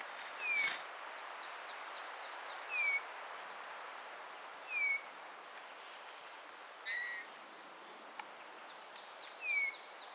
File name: Pyrrhula pyrrhula